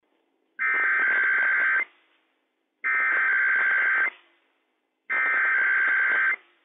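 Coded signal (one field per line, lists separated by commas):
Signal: Emergency Alert System (SAME) tones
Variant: header bursts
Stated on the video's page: Required weekly test from the civil authorities for all of California, Nevada, Oregon and Washington, received on a NOAA weather radio station.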